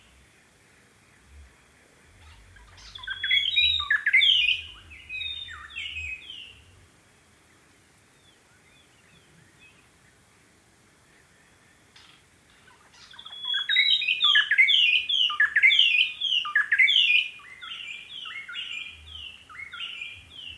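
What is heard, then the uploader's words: A white-browed robin chat sings two bright, rich phrases of rapid whistled notes, one from about 2.5 to 7 seconds and a longer, fuller one from 12.5 seconds to the end. A faint low hum or engine drones between and under the song. Field Recording: White-Browed Robin Chat. 6:36 AM. Okavango Panhandle. I hid in my tent with the mic outside to capture this. Sound Devices 702 digital recorder with Sennheiser 418 stereo shotgun microphone (M/S).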